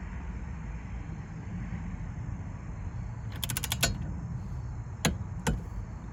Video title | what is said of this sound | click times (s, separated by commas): Boston Whaler 180 Dauntless: Uflex Tilt Steering Fix (2007) - Step-by-Step Guide | there's a little click. All right, so we got the click on that. | 5.0 s